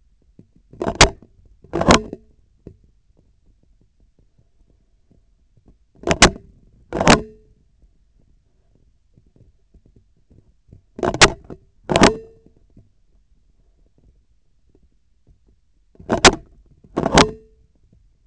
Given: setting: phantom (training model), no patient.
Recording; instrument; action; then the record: laparoscopic instrument, vibration sensor on the handle end; scissors; opening and closing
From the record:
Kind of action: tool actuation without material contact